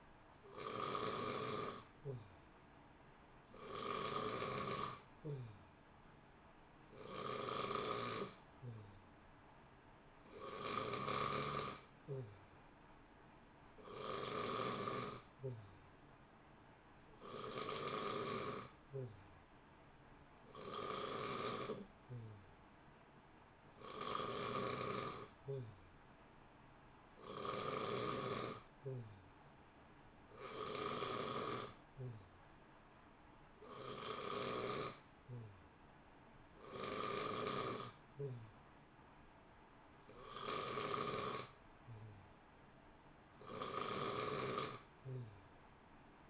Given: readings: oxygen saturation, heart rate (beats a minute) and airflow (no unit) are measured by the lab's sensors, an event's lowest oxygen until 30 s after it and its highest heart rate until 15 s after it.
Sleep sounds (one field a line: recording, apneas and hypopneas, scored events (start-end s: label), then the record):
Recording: breathing in sleep by a voice recorder at the bedside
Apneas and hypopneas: none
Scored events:
7.00-46.30 s: new sleep stage, N3 (deep sleep)
From the record:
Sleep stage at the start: N2 (light sleep)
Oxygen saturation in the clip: 89 to 91%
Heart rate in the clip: 60 to 65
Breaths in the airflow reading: 16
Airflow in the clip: -0.8 to 0.8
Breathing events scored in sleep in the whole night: 328 in 6.3 hours asleep